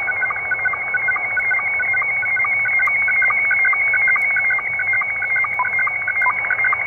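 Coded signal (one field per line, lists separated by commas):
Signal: SSTV (slow-scan television)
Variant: Scottie 1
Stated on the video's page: SSTV sent by a shortwave pirate radio station around 6.9 MHz, received with noise reduction and noise blanker on.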